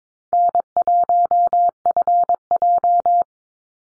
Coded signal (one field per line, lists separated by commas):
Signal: Morse code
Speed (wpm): 22 wpm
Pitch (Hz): 700 Hz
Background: none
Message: N1FJ